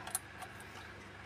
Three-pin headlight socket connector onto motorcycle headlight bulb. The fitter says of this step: Kita masukin saja sampai bunyi klik.